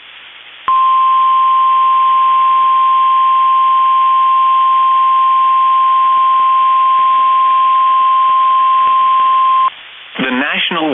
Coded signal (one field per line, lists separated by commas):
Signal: Emergency Alert System (SAME) tones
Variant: 1050 Hz attention tone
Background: speech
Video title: SE Minnesota Severe Weather Outbreak (3/10/21) EAS 1516-1522